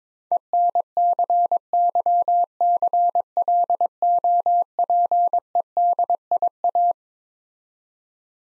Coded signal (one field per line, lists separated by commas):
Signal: Morse code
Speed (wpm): 22 wpm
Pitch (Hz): 700 Hz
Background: none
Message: ENCYCLOPEDIA